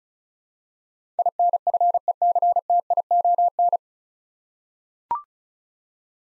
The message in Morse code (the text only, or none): INFECTION